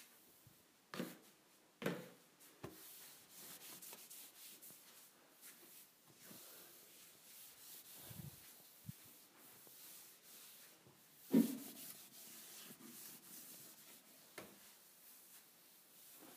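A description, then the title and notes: Kitchen appliances being cleaned, with a continuous soft scrubbing and rubbing that rises and falls in short strokes. Sharper knocks or clatters break through near 1, 2, 11 and 14 seconds, the one just past 11 seconds the loudest, over a faint airy hiss. ASMR Cleaning Kitchen Appliances.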